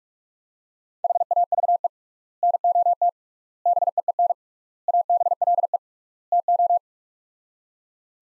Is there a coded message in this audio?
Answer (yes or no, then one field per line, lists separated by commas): yes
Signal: Morse code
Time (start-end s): 1.0-6.8 s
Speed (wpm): 46 wpm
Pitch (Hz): 700 Hz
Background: none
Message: HAVE NOT BEEN ABLE TO